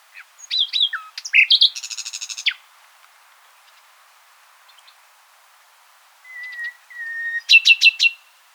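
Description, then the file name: Common nightingale song: rapid varied phrases of chirps, slurred notes and clicks, a pause, then two long pure whistles followed by a loud repeated chattering burst. "Luscinia megarhynchos"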